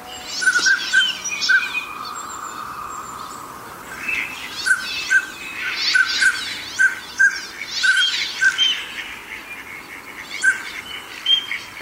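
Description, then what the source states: Northern pintail calls, brief piping whistles repeated in loose bursts, with harsher chattering calls in the background. Tokyo suburbs, Japan.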